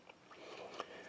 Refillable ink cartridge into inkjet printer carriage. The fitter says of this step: going to push but you got to be very careful over here and then you want to hear it click in that's the important thing